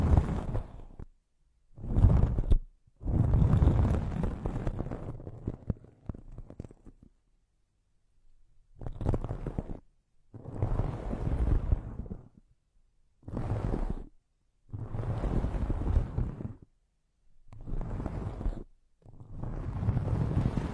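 Plants are rubbed and circled around the ears in repeated bursts of muffled, rumbling rustle, each lasting about one to two seconds. The bursts come roughly every second or two, with short silent gaps between them and a longer pause near seven to nine seconds.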